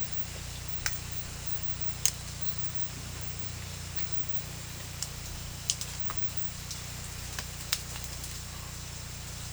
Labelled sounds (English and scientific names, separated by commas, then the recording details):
none
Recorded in pastures near Puerto Asís, Putumayo, Colombia, on 16 December 2024 at 01:00
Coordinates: 0.472, -76.331
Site GP02